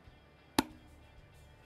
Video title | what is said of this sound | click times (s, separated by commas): InterOrdnance I.O. Inc. XP AK Shotgun Review | let me get it closer to the microphone an audible click where it's like there's another depth | 0.6 s